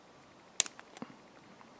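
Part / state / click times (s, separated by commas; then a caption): small metal part going into a pin tumbler lock cylinder / seated / 0.6 s. While reassembling a modified ERA replacement cylinder used as a Yale-type practice pin tumbler lock, a small metal part is fitted into the plug. It clicks into place with a sharp, loud snap at 0.6 s, followed by a few faint ticks, and the part is seated.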